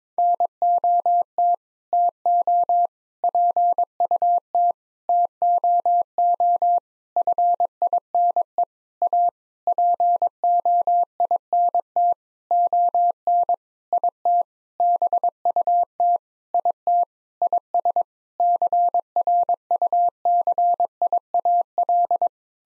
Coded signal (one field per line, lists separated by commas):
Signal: Morse code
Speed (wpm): 22 wpm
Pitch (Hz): 700 Hz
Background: none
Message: NOT TO PUT TOO FINE A POINT ON IT BUT IT IS CRUCIAL